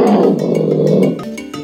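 Bear giving a low, rasping roar that stays loud for about a second before tailing off into quieter rumbles.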